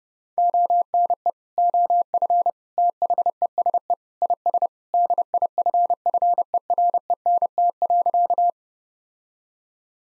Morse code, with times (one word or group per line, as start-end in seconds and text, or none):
0.4-1.3 ONE
1.6-2.5 OF
2.8-3.9 THESE
4.2-4.7 IS
4.9-8.5 DIFFERENT.